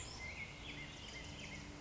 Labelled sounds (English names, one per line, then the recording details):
Black-headed Grosbeak
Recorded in Sonoma County, California